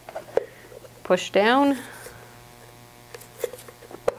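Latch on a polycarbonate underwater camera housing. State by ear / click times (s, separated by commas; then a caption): seated / 4.1 s. Someone talks briefly while a camera tray is slid into a polycarbonate Recsea CW underwater housing for Sony RX100 and RX100 II cameras and the back is pushed down, with light taps and handling noises. The latch is swung over and locked, snapping shut with a sharp click at 4.1 s, and the housing is seated.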